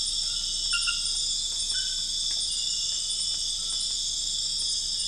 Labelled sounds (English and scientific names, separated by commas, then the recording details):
none
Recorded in dense forest near Puerto Asís, Putumayo, Colombia, on 4 March 2025 at 00:00
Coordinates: 0.484, -76.325
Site G045